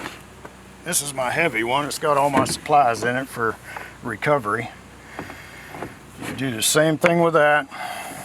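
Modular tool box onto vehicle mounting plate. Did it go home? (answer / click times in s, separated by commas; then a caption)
no / none. Someone talks while handling a heavy modular tool box, loaded with recovery supplies, that is to be lined up on the groove of a metal vehicle mounting plate and slid back until its spring lock pops into place. Short knocks sound at about 0.1, 0.5 and 5.2 seconds. The clip ends before the tool box goes home, so nothing has seated or clicked yet.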